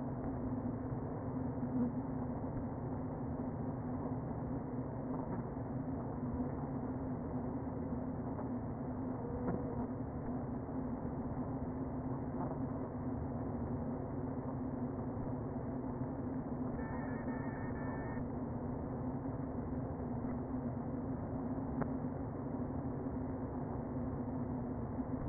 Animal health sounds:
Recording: honeybee colony, microphone inside the hive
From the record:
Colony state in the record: queen present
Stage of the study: before two queens were removed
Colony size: about 60,000 bees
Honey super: yes

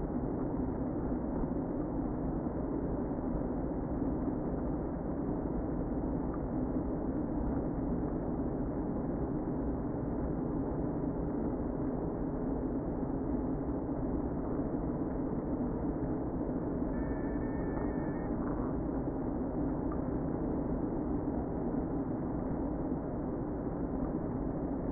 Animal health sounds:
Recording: honeybee colony, microphone inside the hive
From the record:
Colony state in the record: queen present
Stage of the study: before two queens were removed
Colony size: about 60,000 bees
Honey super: yes

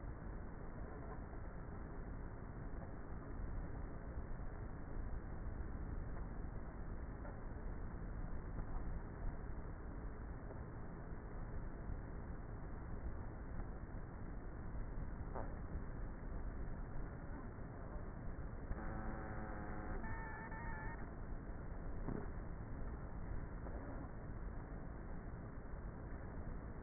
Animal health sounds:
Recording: honeybee colony, microphone inside the hive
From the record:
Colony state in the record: queenless with a low population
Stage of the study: before two queens were removed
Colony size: about 30,000 bees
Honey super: no

